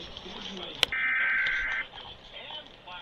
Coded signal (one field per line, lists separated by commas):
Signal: Emergency Alert System (SAME) tones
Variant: header bursts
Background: speech